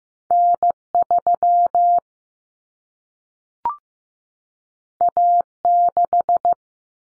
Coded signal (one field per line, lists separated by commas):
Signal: Morse code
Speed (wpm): 15 wpm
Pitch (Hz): 700 Hz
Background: none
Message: N3 A6